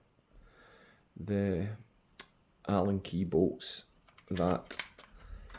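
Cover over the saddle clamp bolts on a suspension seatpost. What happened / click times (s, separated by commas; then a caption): The cover is handled but has not clicked home yet / none. A cover over the Allen key bolts that clamp the saddle on a suspension seatpost is handled, but nothing has seated or clicked yet. Someone talks through most of the clip, with a sharp tick at 2.2 s and a softer one near 5.5 s.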